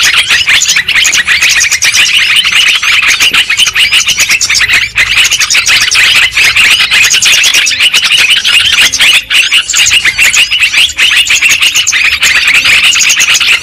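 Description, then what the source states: Lovebirds in constant shrill conversation, overlapping high chirps and squeals forming a thick unbroken chorus. Lure sound for trapping lovebirds.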